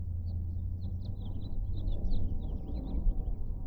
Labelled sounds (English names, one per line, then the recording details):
House Finch song
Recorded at Atlantic Beach West on Long Island, New York, on 2 June 1975
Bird A